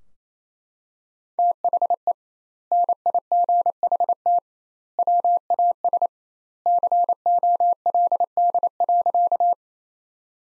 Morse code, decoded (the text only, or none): THE NIGHT WAS COLD.